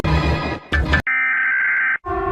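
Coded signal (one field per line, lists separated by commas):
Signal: Emergency Alert System (SAME) tones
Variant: header bursts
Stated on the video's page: Compilation of one-second clips of many different EAS alarms.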